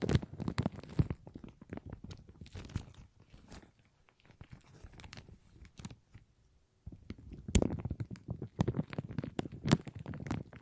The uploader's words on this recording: ASMR Plastic Crinkle No Talking.